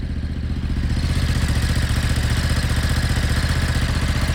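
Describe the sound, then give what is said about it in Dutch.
A motorcycle engine runs steadily and loudly, its rapid, even chugging pulse riding over a deep, throaty rumble that barely changes from start to finish. “Staan dit soort motoren op die boot?”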